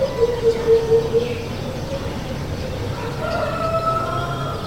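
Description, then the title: Senegal Coucal giving a quick string of about five deep, hollow hoots at the start, followed by background hum and a few thin tonal sounds. Song in a neighbourhood soundscape, Nkolmbong-Nord, Émana, Yaoundé, Cameroon; 24 November 2025, 9:29 a.m.; recorded with a TASCAM DR-05, edited in Audacity. "Topographie sonore du quartier : spécial Coucal"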